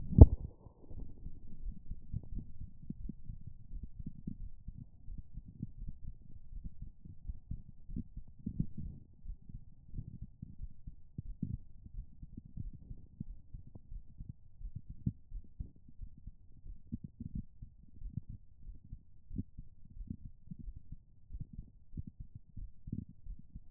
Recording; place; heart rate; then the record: heart sounds by stethoscope; pulmonary valve (PV); 96 bpm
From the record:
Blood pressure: 119/86 mmHg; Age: 35 years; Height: 177 cm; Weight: 79 kg